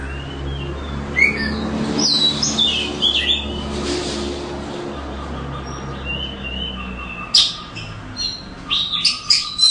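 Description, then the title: Oriental magpie-robin song, varied whistled and chirped phrases with some high sweeping notes, a low hum behind for much. "Kacer6. Burung"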